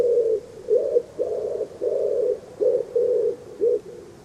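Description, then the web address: Common wood pigeon giving soft, low, husky coos, a string of rounded notes with brief pauses between them, the phrase fading slightly at the end. "cianscape. Deverinetal. Bird Only"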